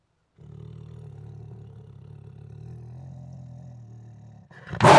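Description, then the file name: Siberian tiger giving a low, steady growl for about four seconds that ends in a sudden loud, harsh burst. Siberian tiger growling aggressively, with roars and snarls. "Siberian Tiger Aggressively Growls With Roars and Snarls [Sound Ideas]"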